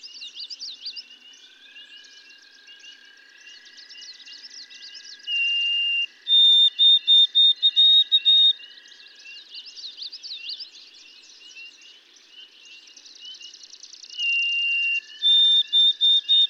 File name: White-throated Sparrow